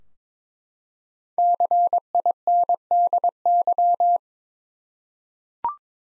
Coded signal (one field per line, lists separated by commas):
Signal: Morse code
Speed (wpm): 21 wpm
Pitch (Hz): 700 Hz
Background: none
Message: CINDY